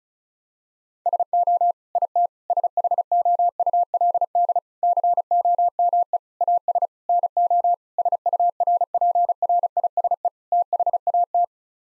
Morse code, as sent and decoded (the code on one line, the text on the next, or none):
... --- / .. - / ... .... --- ..- .-.. -.. / -.-. --- -- . / .- ... / -. --- / ... ..- .-. .--. .-. .. ... . / - .... .- -
SO IT SHOULD COME AS NO SURPRISE THAT